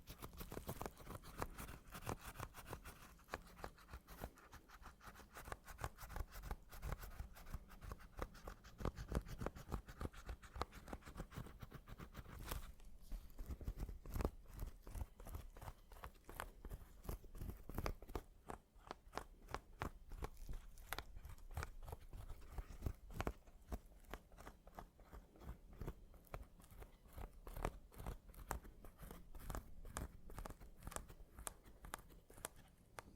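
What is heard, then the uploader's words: Rapid, dense scratching, a continuous crackly rasp of fine strokes, slightly busier in the first dozen seconds. ASMR Mini Scratching (NO TALKING).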